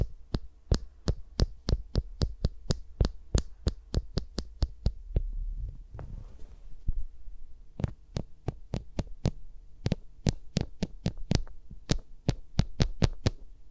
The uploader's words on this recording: ASMR with Mics Around My Fingers (No Talking).